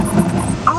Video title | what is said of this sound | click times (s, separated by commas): MY FIRST VLOG!!! | You hear the click? | 0.7 s